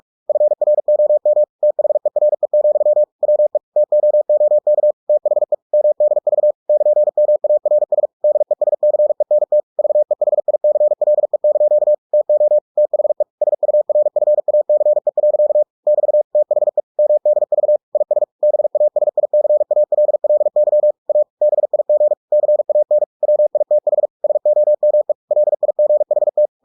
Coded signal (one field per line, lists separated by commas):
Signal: Morse code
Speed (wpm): 46 wpm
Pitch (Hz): 600 Hz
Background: none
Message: FROM THERE, WE TOOK THE MDV <KN>MARS DESCENT VEHICLE) TO THE SURFACE. <BT> THE MDV IS BASICALLY A BIG CAN WITH SOME LIGHT